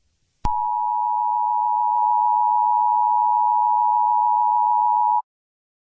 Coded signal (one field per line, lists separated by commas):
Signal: Emergency Alert System (SAME) tones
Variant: 853 and 960 Hz attention tone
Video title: Eas scenario 8: Fortnite Ranks